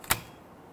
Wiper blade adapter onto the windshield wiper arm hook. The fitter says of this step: you're going to feel inh it lock into place